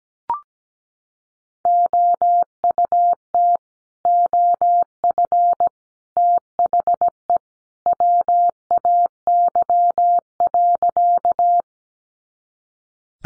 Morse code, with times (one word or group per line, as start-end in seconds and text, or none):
1.7-3.6 OUT
4.1-5.7 OF
6.2-7.4 THE
7.9-11.6 WAY.